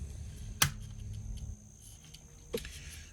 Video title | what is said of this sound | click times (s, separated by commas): 1979 AMT Star Trek The Motion Picture U.S.S. Enterprise NCC-1701 Refit Build (Part - 16) | see how that kind of Clips or snaps into place | 0.6 s